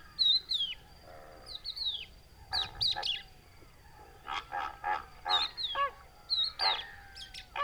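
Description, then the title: Crested lark whistling plaintive, downslurred notes again and again, mixed with many harsh, nasal honking calls from other birds over a steady high hum. Adult calling to others with plaintive whistle, hidden in Camargue salt marsh, Etang du Vaccarès, 5 September 2020, about an hour after sunrise; Nagra Seven with Telinga Pro7. "COCHEVIS DU VACCARES"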